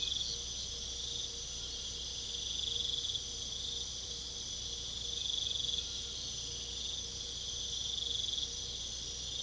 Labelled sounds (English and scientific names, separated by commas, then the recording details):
none
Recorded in pastures near Puerto Asís, Putumayo, Colombia, on 21 December 2024 at 22:00
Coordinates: 0.486, -76.323
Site GP01